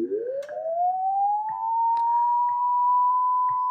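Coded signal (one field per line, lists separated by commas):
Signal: radio time signal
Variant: WWV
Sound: whistle sliding up to a steady 1 kHz tone with faint clicks about once a second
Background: radio static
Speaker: okay that's one ker off we can hear the 1 ker beat note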